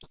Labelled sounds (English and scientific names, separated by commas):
Hooded Warbler (Setophaga citrina) flight call